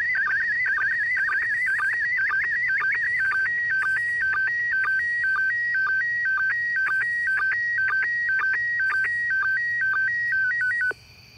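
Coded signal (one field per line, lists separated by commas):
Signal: SSTV (slow-scan television)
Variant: PD120 mode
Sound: warbling, chirpy tone alternating between two pitches, with short low clicks twice a second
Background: radio static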